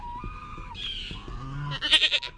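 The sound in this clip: Goat bleating: drawn-out nasal tones shift upward, then end in a loud, quavering, tremulous bleat that wavers rapidly for about half a second.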